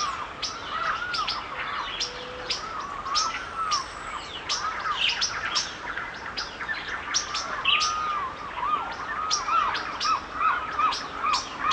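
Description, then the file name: Birds: dense bird chorus with many arched, looping mid-pitched whistles and frequent high chirps overlapping continuously, backed by a steady rushing hiss. Forest birds singing in the rain; natural forest soundscape. "Nature Sounds Sonido Del Bosque y Naturaleza It s Raining - Calming Nature Bird Songs"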